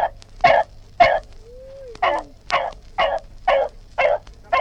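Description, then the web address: Dog giving repeated harsh barks about twice a second, with one short gliding tone between barks. "Sound Effects-BBC Dog"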